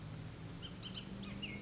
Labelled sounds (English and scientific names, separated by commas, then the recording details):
Bullock's Oriole (Icterus bullockii)
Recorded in Sonoma County, California